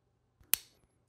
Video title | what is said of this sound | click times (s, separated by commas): Molex Connector Installation (KIT-61/KIT-62) | you should hear the clicking sound | 0.5 s